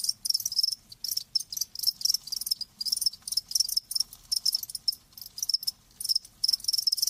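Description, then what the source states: Crickets chirping in rapid high pulsed bursts with brief gaps, a steady insect chorus. Live crickets chirping in a lulling song, as a sleep sound.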